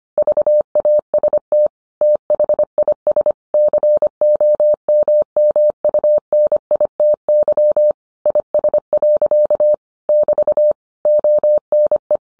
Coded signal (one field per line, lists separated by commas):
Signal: Morse code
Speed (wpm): 25 wpm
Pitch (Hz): 600 Hz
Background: none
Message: VAST THIS COMMUNITY IS. <BT> ONE